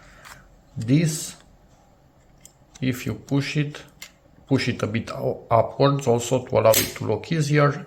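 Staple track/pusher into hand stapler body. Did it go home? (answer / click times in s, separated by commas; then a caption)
yes / 2.4 s. Someone talks while the staple feed track of a Stanley 6-TR45 light duty hand stapler, just loaded with staples, is pushed closed into the stapler body and nudged slightly upwards so it engages. A single short, faint click sounds at 2.5 s as the track locks in place.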